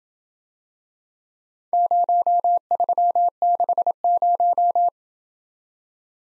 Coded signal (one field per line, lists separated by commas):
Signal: Morse code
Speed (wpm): 28 wpm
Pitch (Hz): 700 Hz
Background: none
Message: 0360